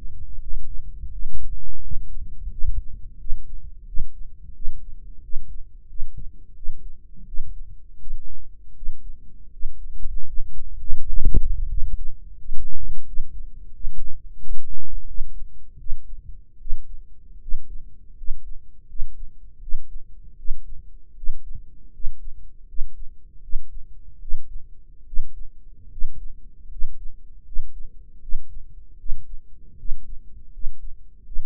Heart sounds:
heart sounds by microphone in the right ear; 82 bpm
0.39 s: heartbeat
1.11 s: heartbeat
1.81 s: heartbeat
2.50 s: heartbeat
3.18 s: heartbeat
3.85 s: heartbeat
4.53 s: heartbeat
5.21 s: heartbeat
5.87 s: heartbeat
6.54 s: heartbeat
7.25 s: heartbeat
7.99 s: heartbeat
8.74 s: heartbeat
9.50 s: heartbeat
10.25 s: heartbeat
10.97 s: heartbeat
11.68 s: heartbeat
12.37 s: heartbeat
13.05 s: heartbeat
13.72 s: heartbeat
14.38 s: heartbeat
15.06 s: heartbeat
15.78 s: heartbeat
16.58 s: heartbeat
17.40 s: heartbeat
18.16 s: heartbeat
18.87 s: heartbeat
19.60 s: heartbeat
20.36 s: heartbeat
21.15 s: heartbeat
21.92 s: heartbeat
22.66 s: heartbeat
23.41 s: heartbeat
24.19 s: heartbeat
25.05 s: heartbeat
25.89 s: heartbeat
26.69 s: heartbeat
27.44 s: heartbeat
28.20 s: heartbeat
28.97 s: heartbeat
29.77 s: heartbeat
30.51 s: heartbeat
31.24 s: heartbeat
From the record:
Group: healthy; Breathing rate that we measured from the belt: 15 breaths a minute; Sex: male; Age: 23 years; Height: 179 cm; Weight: 87 kg

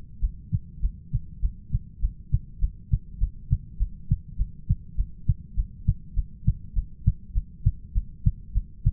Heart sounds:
heart sounds by stethoscope; 101 bpm
0.19 s: heartbeat
0.80 s: heartbeat
1.40 s: heartbeat
1.99 s: heartbeat
2.59 s: heartbeat
3.18 s: heartbeat
3.77 s: heartbeat
4.36 s: heartbeat
4.95 s: heartbeat
5.54 s: heartbeat
6.13 s: heartbeat
6.73 s: heartbeat
7.32 s: heartbeat
7.92 s: heartbeat
8.52 s: heartbeat
From the record:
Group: heart failure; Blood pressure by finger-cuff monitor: 66/50 mmHg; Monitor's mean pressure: 55 mmHg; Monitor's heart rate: 101 bpm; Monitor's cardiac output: 6.8 L/min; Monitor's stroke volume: 68 mL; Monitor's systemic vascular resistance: 550 dyn s/cm5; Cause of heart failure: ischemic heart disease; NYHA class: 1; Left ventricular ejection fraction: 38%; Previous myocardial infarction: absent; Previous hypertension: absent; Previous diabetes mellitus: present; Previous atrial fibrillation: absent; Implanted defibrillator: absent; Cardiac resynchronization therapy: absent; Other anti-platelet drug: absent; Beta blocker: bisoprolol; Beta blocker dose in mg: 15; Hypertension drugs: sacubitril-valsartan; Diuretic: furosemide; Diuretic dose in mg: 20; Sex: male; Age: 33 years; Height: 172 cm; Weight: 78.5 kg

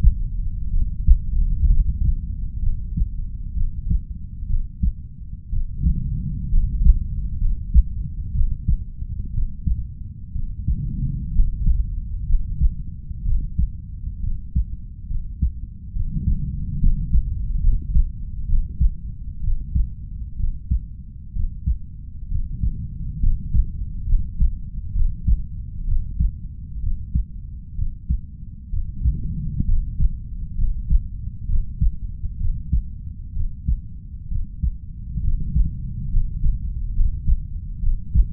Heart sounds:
heart sounds by stethoscope; 65 bpm
0.70 s: heartbeat
1.67 s: heartbeat
2.60 s: heartbeat
3.54 s: heartbeat
4.47 s: heartbeat
5.50 s: heartbeat
6.50 s: heartbeat
7.38 s: heartbeat
8.32 s: heartbeat
9.31 s: heartbeat
10.32 s: heartbeat
11.32 s: heartbeat
12.26 s: heartbeat
13.23 s: heartbeat
14.21 s: heartbeat
15.07 s: heartbeat
15.93 s: heartbeat
16.79 s: heartbeat
17.60 s: heartbeat
18.46 s: heartbeat
19.41 s: heartbeat
20.37 s: heartbeat
21.33 s: heartbeat
22.28 s: heartbeat
23.20 s: heartbeat
24.06 s: heartbeat
24.93 s: heartbeat
25.85 s: heartbeat
26.80 s: heartbeat
27.75 s: heartbeat
28.70 s: heartbeat
29.65 s: heartbeat
30.55 s: heartbeat
31.46 s: heartbeat
32.37 s: heartbeat
33.33 s: heartbeat
34.28 s: heartbeat
35.21 s: heartbeat
36.10 s: heartbeat
36.93 s: heartbeat
37.80 s: heartbeat
From the record:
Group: healthy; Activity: rest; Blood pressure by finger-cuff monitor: 125/76 mmHg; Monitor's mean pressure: 88 mmHg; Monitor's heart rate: 64 bpm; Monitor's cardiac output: 4.9 L/min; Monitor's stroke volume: 77 mL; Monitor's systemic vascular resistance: 1290 dyn s/cm5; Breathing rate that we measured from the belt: 10 breaths a minute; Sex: female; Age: 32 years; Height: 168 cm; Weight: 61.9 kg

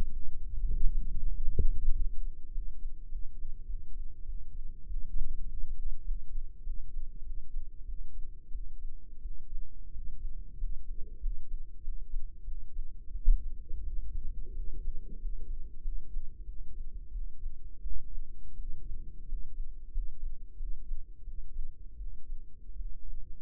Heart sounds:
heart sounds by microphone in the right ear; 93 bpm
0.12 s: heartbeat
0.72 s: heartbeat
1.33 s: heartbeat
1.92 s: heartbeat
2.50 s: heartbeat
3.07 s: heartbeat
3.64 s: heartbeat
4.23 s: heartbeat
4.85 s: heartbeat
5.45 s: heartbeat
6.03 s: heartbeat
6.61 s: heartbeat
7.21 s: heartbeat
7.83 s: heartbeat
8.49 s: heartbeat
9.20 s: heartbeat
9.89 s: heartbeat
10.56 s: heartbeat
11.18 s: heartbeat
11.80 s: heartbeat
12.43 s: heartbeat
13.10 s: heartbeat
13.81 s: heartbeat
14.52 s: heartbeat
15.17 s: heartbeat
15.80 s: heartbeat
16.44 s: heartbeat
17.09 s: heartbeat
17.79 s: heartbeat
18.54 s: heartbeat
19.25 s: heartbeat
19.90 s: heartbeat
20.55 s: heartbeat
21.22 s: heartbeat
21.96 s: heartbeat
22.74 s: heartbeat
From the record:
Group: healthy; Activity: cold pressor test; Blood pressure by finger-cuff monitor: 125/83 mmHg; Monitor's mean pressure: 97 mmHg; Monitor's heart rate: 91 bpm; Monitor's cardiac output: 6.8 L/min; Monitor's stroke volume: 76 mL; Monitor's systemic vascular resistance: 1050 dyn s/cm5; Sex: male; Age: 21 years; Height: 180 cm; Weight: 67.5 kg

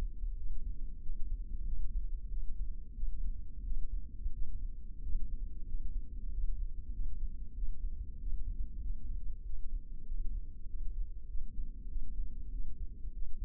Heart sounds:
heart sounds by microphone in the left ear; 94 bpm
0.40 s: heartbeat
1.04 s: heartbeat
1.68 s: heartbeat
2.32 s: heartbeat
2.97 s: heartbeat
3.66 s: heartbeat
4.35 s: heartbeat
5.04 s: heartbeat
5.69 s: heartbeat
6.33 s: heartbeat
6.95 s: heartbeat
7.57 s: heartbeat
8.21 s: heartbeat
8.84 s: heartbeat
9.47 s: heartbeat
10.09 s: heartbeat
10.70 s: heartbeat
11.30 s: heartbeat
11.91 s: heartbeat
12.54 s: heartbeat
13.15 s: heartbeat
From the record:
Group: healthy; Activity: rest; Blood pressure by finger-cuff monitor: 160/87 mmHg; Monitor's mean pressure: 110 mmHg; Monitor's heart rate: 94 bpm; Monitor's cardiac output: 8 L/min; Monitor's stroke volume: 86 mL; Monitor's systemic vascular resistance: 1030 dyn s/cm5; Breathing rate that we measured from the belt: 14 breaths a minute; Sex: male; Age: 21 years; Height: 175 cm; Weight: 72.6 kg

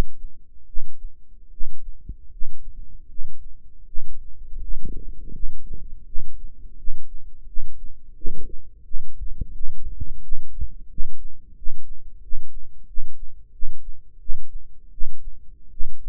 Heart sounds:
heart sounds by microphone in the right ear; 84 bpm
0.66 s: heartbeat
1.50 s: heartbeat
2.30 s: heartbeat
3.07 s: heartbeat
3.85 s: heartbeat
4.59 s: heartbeat
5.32 s: heartbeat
6.05 s: heartbeat
6.76 s: heartbeat
7.46 s: heartbeat
8.15 s: heartbeat
8.84 s: heartbeat
9.53 s: heartbeat
10.21 s: heartbeat
10.89 s: heartbeat
11.55 s: heartbeat
12.21 s: heartbeat
12.86 s: heartbeat
13.52 s: heartbeat
14.19 s: heartbeat
14.90 s: heartbeat
15.70 s: heartbeat
From the record:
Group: healthy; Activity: rest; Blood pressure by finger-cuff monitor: 107/61 mmHg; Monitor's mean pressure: 75 mmHg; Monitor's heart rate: 87 bpm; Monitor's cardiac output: 8.4 L/min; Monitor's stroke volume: 94 mL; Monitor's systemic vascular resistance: 620 dyn s/cm5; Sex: male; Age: 35 years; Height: 180 cm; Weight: 86.9 kg

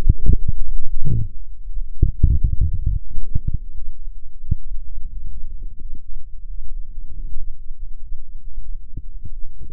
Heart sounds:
heart sounds by microphone in the left ear; 90 bpm
0.36 s: heartbeat
1.02 s: heartbeat
1.70 s: heartbeat
2.40 s: heartbeat
3.07 s: heartbeat
3.72 s: heartbeat
4.40 s: heartbeat
5.08 s: heartbeat
5.77 s: heartbeat
6.44 s: heartbeat
7.11 s: heartbeat
7.76 s: heartbeat
8.41 s: heartbeat
9.06 s: heartbeat
9.71 s: heartbeat
From the record:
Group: healthy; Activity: cold pressor test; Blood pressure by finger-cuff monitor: 141/91 mmHg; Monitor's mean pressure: 105 mmHg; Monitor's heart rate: 89 bpm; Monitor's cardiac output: 7.6 L/min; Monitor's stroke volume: 85 mL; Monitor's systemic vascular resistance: 1020 dyn s/cm5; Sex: male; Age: 57 years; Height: 188 cm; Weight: 106 kg

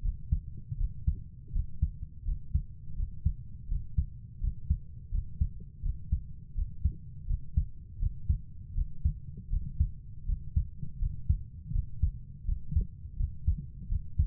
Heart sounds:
heart sounds by stethoscope; 82 bpm
0.02 s: heartbeat
0.77 s: heartbeat
1.52 s: heartbeat
2.25 s: heartbeat
2.96 s: heartbeat
3.68 s: heartbeat
4.40 s: heartbeat
5.11 s: heartbeat
5.82 s: heartbeat
6.55 s: heartbeat
7.27 s: heartbeat
7.99 s: heartbeat
8.75 s: heartbeat
9.50 s: heartbeat
10.26 s: heartbeat
10.99 s: heartbeat
11.72 s: heartbeat
12.45 s: heartbeat
13.17 s: heartbeat
13.89 s: heartbeat
From the record:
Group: healthy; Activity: Valsalva maneuver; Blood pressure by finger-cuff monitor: 107/65 mmHg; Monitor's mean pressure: 78 mmHg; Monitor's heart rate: 82 bpm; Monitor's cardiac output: 6.6 L/min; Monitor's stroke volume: 82 mL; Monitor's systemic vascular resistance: 860 dyn s/cm5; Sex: female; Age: 22 years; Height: 160 cm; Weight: 63 kg

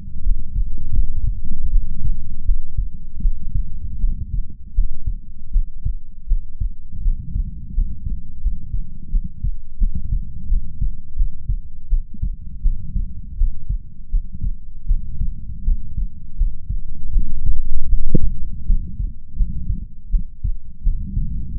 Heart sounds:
heart sounds by stethoscope; 82 bpm
0.22 s: heartbeat
0.93 s: heartbeat
1.69 s: heartbeat
2.44 s: heartbeat
3.20 s: heartbeat
3.99 s: heartbeat
4.73 s: heartbeat
5.51 s: heartbeat
6.26 s: heartbeat
7.01 s: heartbeat
7.73 s: heartbeat
8.40 s: heartbeat
9.09 s: heartbeat
9.77 s: heartbeat
10.47 s: heartbeat
11.15 s: heartbeat
11.88 s: heartbeat
12.61 s: heartbeat
13.36 s: heartbeat
14.09 s: heartbeat
14.86 s: heartbeat
15.63 s: heartbeat
16.36 s: heartbeat
17.11 s: heartbeat
17.88 s: heartbeat
18.65 s: heartbeat
19.35 s: heartbeat
20.09 s: heartbeat
20.82 s: heartbeat
21.54 s: heartbeat
From the record:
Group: healthy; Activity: cold pressor test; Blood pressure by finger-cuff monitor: 107/64 mmHg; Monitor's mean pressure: 79 mmHg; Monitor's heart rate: 82 bpm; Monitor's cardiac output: 7 L/min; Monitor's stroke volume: 86 mL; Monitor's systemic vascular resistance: 830 dyn s/cm5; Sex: female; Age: 26 years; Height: 165 cm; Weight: 55 kg

